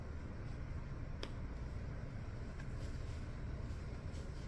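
The second plastic safety-eye washer is squeezed onto its eye post through the crochet fabric of a crocheted toy, clicking on sharply at 1.2 s against a steady low hum, with a fainter tick at 2.6 s. The washer is seated.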